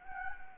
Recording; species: mosquito wingbeat signal from an infrared sensor; Anopheles gambiae